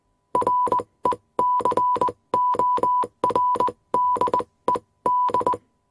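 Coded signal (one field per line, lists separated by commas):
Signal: Morse code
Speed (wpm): 20 wpm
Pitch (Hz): 990 Hz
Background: none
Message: RECORDED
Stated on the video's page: Morse code machine sound effects with beeps, clicks and static.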